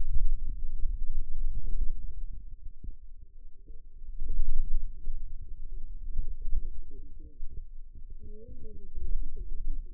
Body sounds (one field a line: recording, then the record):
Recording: forearm muscle sounds (acoustic myography)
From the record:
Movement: finger pinch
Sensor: system 2, bracelet of six BSWA MPA416 microphones around the upper forearm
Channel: 6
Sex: female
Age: 21 years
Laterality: right